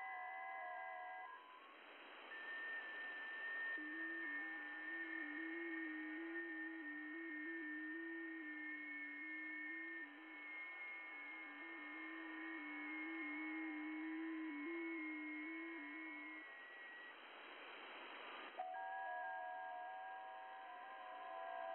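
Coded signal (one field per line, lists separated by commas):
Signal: FT8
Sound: several steady, slowly warbling tones sounding together over hiss, lasting about 13 seconds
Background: radio static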